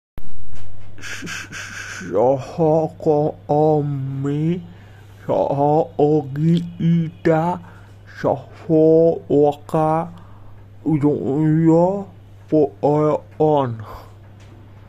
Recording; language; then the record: elicited speech; Bengali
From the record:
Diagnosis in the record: Broca's or global aphasia after a stroke